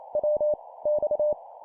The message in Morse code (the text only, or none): W X